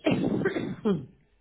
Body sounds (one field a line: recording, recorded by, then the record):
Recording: voluntary cough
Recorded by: telephone call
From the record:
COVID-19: positive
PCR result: checked with the laboratory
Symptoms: yes